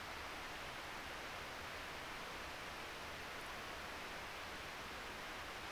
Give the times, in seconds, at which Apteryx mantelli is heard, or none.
none